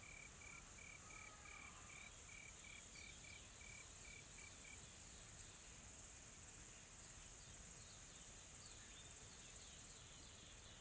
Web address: Sonniss - Smart Sound FX - Nature South Africa AMBIENCE Additional Tropical Forest Soft Insects Calm